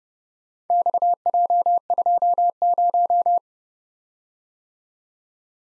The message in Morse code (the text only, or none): XJ20